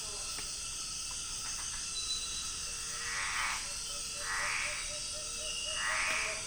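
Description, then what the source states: Scraping tree frogs giving a few short raspy scraping bursts in the second half, over a faint steady series of low pulsed notes and a constant insect hum. Binaural night recording at Yasuni in the Amazon, near a swampy area by a lagoon.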